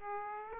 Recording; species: mosquito wingbeat signal from an infrared sensor; Aedes aegypti